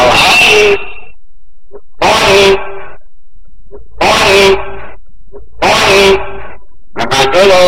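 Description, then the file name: Hill myna calls: loud, raspy, speech-like bursts repeated roughly every two seconds with short silences between, ending with sharp clipped notes. Training recording for caged hill mynas. "beolatihan omkicau"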